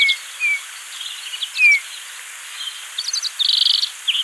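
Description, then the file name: Eurasian bullfinch calls: three soft, descending piped notes early on, followed by high twittering and a brief buzzy burst. "Pyrrhula pyrrhula"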